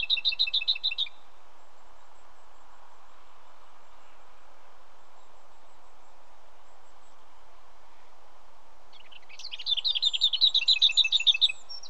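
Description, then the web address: Lesser whitethroat rattling twice: a short burst of rapid same-pitched notes, then about eight seconds of quiet hiss before a longer rattle. Britain. "The BBC Sound Effects Library. Lesser Whitethroat"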